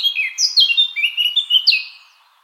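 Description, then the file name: Eurasian blackcap singing a short burst of loud, clear fluting whistles, sliding up and down before fading out. "Sylvia atricapilla"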